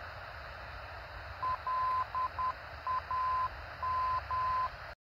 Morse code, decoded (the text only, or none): LAM